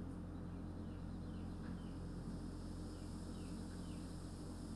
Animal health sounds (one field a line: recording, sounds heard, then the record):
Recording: poultry house recording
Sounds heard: healthy chickens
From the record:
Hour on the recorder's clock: 20